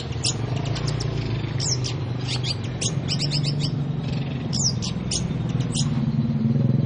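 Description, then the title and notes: Oriental magpie-robin giving clusters of sharp, high chirped notes in quick bursts separated by short pauses, with a steady low hum beneath. "Kicau Kacer. manukmanukan"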